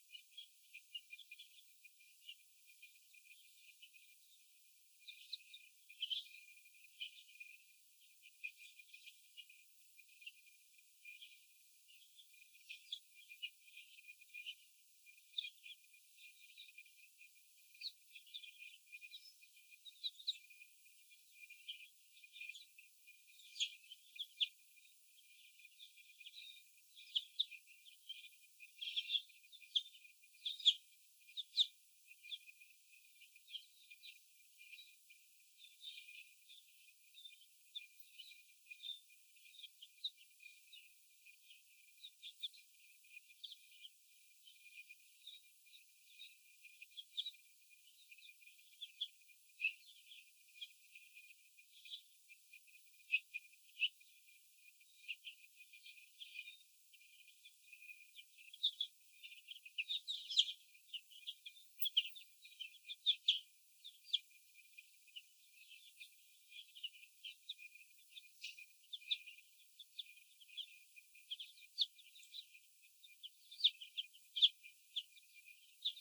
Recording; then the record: young laying hens in a cage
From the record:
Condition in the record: before the stressor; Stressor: sudden umbrella opening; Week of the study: 2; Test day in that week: 1